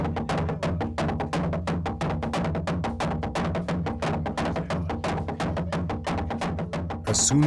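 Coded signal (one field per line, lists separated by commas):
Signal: drum signal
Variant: garamut slit drum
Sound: fast, continuous hollow wooden drum beats, about six per second, at an even pace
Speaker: as soon as the sun sets the enormous garamuts announced the start of the ceremony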